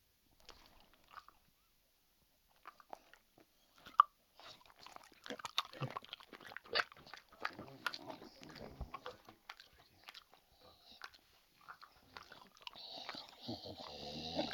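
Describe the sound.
Dog eating: irregular crunching and chewing with clicks, growing busier and louder toward the end.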